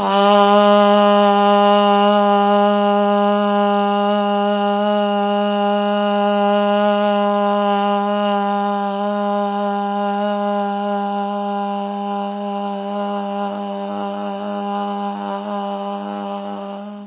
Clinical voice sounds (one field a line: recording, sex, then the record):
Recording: sustained vowel /a/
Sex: female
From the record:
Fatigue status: no fatigue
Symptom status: symptomatic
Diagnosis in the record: COVID-19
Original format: 3gp